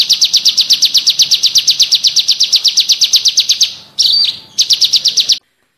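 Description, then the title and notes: Prinia song of quick repeated high chips, interrupted by a short descending buzzy note before the chipping resumes and then stops. Complete song, including the 'ngerol' song style. "Suara Kicau Burung Prenjak Lengkap dan Ngerol"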